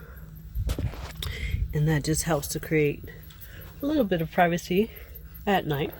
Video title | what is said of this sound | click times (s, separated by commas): Van Tour.. Parker got some updates! -Solo Female Nomad- VanLife | and they just snap right in | 1.2 s